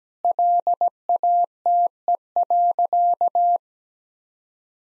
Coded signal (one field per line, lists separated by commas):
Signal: Morse code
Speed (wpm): 17 wpm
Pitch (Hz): 700 Hz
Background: none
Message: LATE.